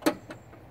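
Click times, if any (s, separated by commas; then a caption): none. A blade guard assembly is handled and stepped under toward its mount on a Bosch 4100 jobsite table saw, with one sharp knock near the start and fainter taps around 0.3 and 0.75 seconds. The guard has not yet locked into place, so nothing has seated or clicked yet.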